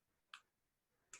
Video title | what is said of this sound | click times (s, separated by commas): Think Dank: Dynavap George | some resistance and you push on it it clicks into place | 0.3 s